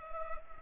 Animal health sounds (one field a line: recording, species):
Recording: mosquito wingbeat signal from an infrared sensor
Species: Culex pipiens